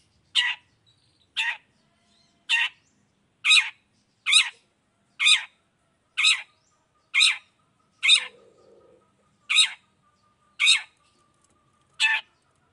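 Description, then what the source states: Long-tailed shrike repeating a harsh, rasping note about once a second. Chatty (gacor) cendet calling in the morning, 'toet toet' variation, clear voice, full variation; tutor recording easy for any cendet to imitate.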